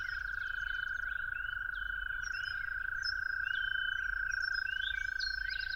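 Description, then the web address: Toad holding one flat, buzzing trill without a break, with scattered whistled bird notes and short chirps above. Toads calling at dawn. "musicofnature Toads at Dawn"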